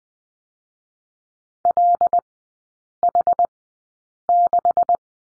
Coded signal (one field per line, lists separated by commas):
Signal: Morse code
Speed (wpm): 19 wpm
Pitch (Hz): 700 Hz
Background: none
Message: LH6